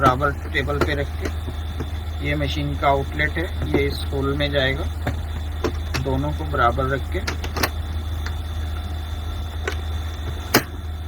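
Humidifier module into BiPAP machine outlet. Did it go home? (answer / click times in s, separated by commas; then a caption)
yes / 10.5 s. A humidifier unit and a Philips BiPAP machine are placed level on a table, and the humidifier is pushed onto the machine's outlet. Someone talks over a steady low hum while small knocks and handling sounds are heard. At 10.6 s a sharp click sounds as the humidifier seats and fixes in place on the BiPAP.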